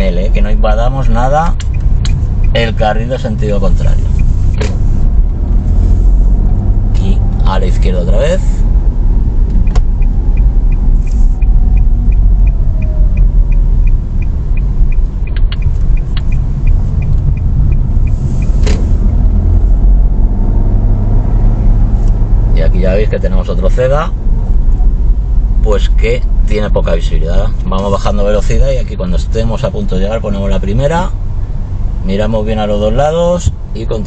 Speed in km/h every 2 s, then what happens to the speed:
15, 15, 25, 28, 26, 22, 16, 14, 17, 22, 26, 24, 22, 16, 10, 7, 6.
2-7 speeds up to 28. 7-14 slows to 14. 14-19 speeds up to 26. 21-29 slows to 7.